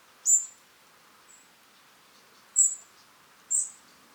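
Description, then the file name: European robin giving three high, thin, sibilant calls spaced irregularly, with a fainter short note between the first two. "Erithacus rubecula"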